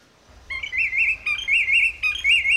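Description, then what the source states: Willet calling: loud, ringing, repeated phrases in quick succession. Played back as a quiz bird.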